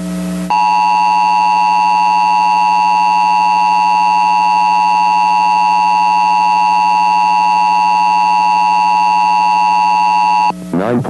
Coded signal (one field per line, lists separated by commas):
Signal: Emergency Alert System (SAME) tones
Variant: 853 and 960 Hz attention tone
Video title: EAS SCENARIO•Santa Clara Volcano